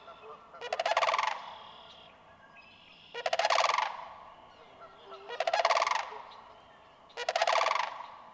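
Sandhill crane calls in four loud, rolling, rattled bugles, repeated roughly every two seconds.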